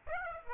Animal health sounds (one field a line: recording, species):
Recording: mosquito wingbeat signal from an infrared sensor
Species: Aedes aegypti